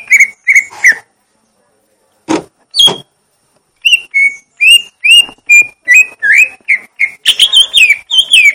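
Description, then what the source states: Leafbird: a few whistled notes, a pause broken by two sharp sounds, then a series of bright, rising and falling whistles. Song type called "gledek" (thunder); Indonesian name cucak ijo.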